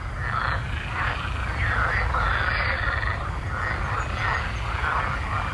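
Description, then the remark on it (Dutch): A dense chorus of a huge mass of green frogs croaking and chattering continuously at a small lake on the Heidestein estate near Zeist, Netherlands, overlapping calls forming a loud, steady wall of sound with repeated rising, nasal pulses and no pauses. “Toen ze met haar zus aan het picknicken was aan een meertje op landgoed Heidestein bij Zeist, werd ze begroet door een enorme massa groene kikkers.”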